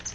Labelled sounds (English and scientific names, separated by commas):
Palm Warbler (Setophaga palmarum) flight call